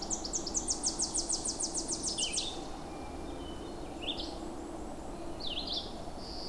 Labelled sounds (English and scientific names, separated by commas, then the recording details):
Red-eyed Vireo (Vireo olivaceus) song
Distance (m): 25 m
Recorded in boreal forest in Alberta, Canada, on 26 May 2016 at 07:10
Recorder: SongMeter 3, array SBT-3-15
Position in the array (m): 104 m, 203 m